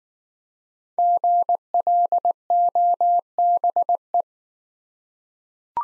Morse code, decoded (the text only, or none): GLOBE